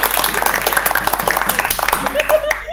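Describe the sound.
An audience applauds steadily, a dense crackle of many hands clapping at once, with a few voices calling out over it and the clapping easing off at the very end.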